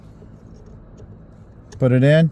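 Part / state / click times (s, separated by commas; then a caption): airbag harness connector into its mating socket / not seated / none. On a 2015 Kia Sedona LX being repaired for an airbag light with codes B1490 and B1764, the airbag harness connector is lined up with its mating socket, with the red tab pulled back and the fragile wires laid straight to ease stress, before it is pushed in. A steady low background hum runs throughout, and someone talks briefly near the end. Nothing has seated or clicked yet.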